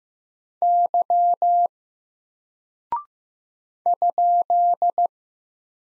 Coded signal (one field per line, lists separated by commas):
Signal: Morse code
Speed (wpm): 15 wpm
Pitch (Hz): 700 Hz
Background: none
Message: Y ?